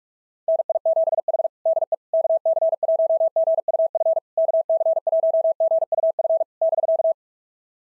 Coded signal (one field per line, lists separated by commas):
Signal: Morse code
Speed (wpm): 44 wpm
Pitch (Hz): 660 Hz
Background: none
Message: NI7H DE KC1GUF KC1GUF <BK>